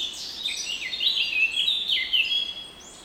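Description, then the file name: Eurasian blackcap song: a fast, varied warble of high, sliding notes that rise and fall continuously over about three seconds, with no other clear sounds. "Sylvia atricapilla"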